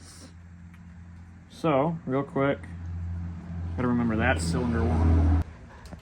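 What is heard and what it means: A spark plug wire boot for cylinder one is handled near the distributor cap terminal of a Sunbeam Alpine while someone talks over a steady low hum. Nothing has seated or clicked yet.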